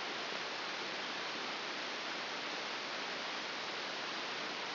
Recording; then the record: brain microelectrode recording played as sound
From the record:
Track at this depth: inside the subthalamic nucleus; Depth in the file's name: 1.6 mm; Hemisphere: left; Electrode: 2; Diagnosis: Parkinson's disease